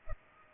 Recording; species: mosquito wingbeat signal from an infrared sensor; Culex pipiens